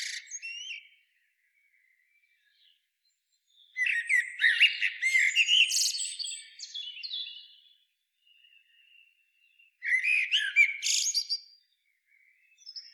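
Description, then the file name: Common blackbird song: dense phrases of low warbled notes running into high squeaky twittering, one near the start and two more after pauses of several seconds. "Turdus merula"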